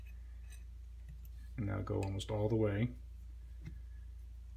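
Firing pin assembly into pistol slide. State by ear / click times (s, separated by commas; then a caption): not seated / none. The firing pin assembly of a Sig Sauer P226 is pushed almost all the way into the upside-down pistol slide while the safety lock is held recessed. Someone talks, with a couple of faint ticks near 0.1 s and 1.3 s. The firing pin is not seated yet and has not clicked into place.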